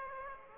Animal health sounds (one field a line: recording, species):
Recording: mosquito wingbeat signal from an infrared sensor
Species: Aedes aegypti